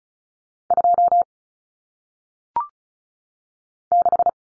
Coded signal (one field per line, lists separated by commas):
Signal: Morse code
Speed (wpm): 36 wpm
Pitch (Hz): 700 Hz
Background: none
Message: 2 6